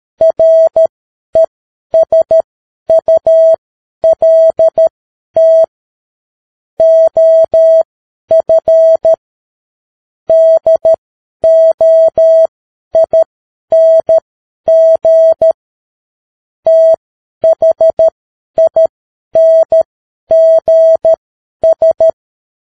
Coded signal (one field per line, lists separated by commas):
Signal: Morse code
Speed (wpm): 13 wpm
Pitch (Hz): 650 Hz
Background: none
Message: RESULT OF DOING THINGS